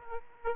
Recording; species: mosquito wingbeat signal from an infrared sensor; Aedes aegypti